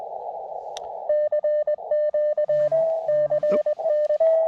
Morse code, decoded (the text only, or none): CQ CN